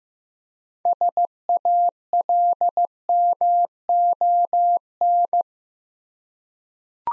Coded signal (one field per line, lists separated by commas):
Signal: Morse code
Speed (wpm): 15 wpm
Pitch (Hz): 700 Hz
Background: none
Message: SALMON